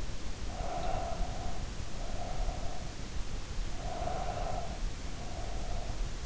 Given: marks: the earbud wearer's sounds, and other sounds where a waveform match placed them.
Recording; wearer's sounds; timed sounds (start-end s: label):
sounds in sleep by an in-ear microphone; breath
0.41-2.80 s: breath
3.77-6.17 s: breath